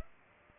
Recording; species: mosquito wingbeat signal from an infrared sensor; Culex pipiens